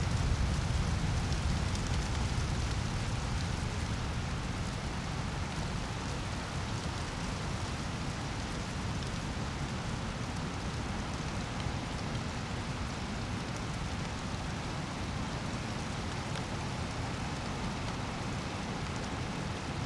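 A night storm with swollen torrential streams rushing, a dense, steady roar filling everything from deep rumble to bright hiss. It holds nearly constant for the whole stretch, easing only slightly after the first few seconds, with rain pattering throughout.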